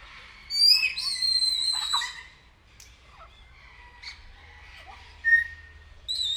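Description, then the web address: Grey parrot giving long, clear whistles followed by a rasping note, then shorter whistled notes near the end. Captive bird at Nyíregyháza Zoo, recorded in 2019. "allathangok nyiregyhazizoo 2019 professzionalis jako papagaj hosszabban nyiregyhaza"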